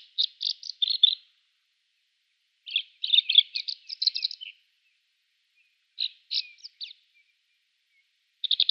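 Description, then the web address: Kordofan lark singing in bursts of scratchy, chattering high notes, each burst about one to two seconds long and separated by brief silences, with no other sounds. "Schulze Peter Kordofan Lark song"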